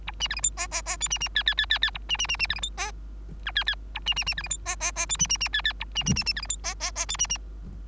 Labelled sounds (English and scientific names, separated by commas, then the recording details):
Bengalese Finch (Lonchura striata domestica) song
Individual Bird3